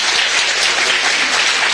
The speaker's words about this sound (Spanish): Un aplauso por favor